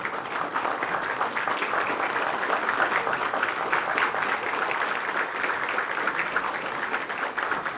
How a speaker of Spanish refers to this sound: Yo quisiera que se paren, por favor, y le brindemos un aplauso a Antonio Brack, que tanto nos dio para la Amazonía peruana.